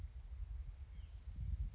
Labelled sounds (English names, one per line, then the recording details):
Spotted Towhee
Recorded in Sonoma County, California